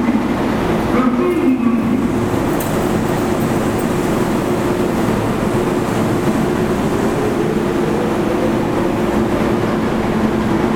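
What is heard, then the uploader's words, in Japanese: A subway train rumbles steadily at Shinsaibashi Station, a dense low roar with brief squealing tones near the start, holding level throughout. 心斎橋駅の音風景（大阪市営地下鉄 御堂筋線）。朝のラッシュが終わりかけの９時前後に収録しました。短い間隔で発着する電車の情景。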